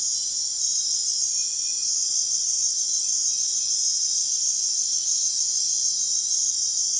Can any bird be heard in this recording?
no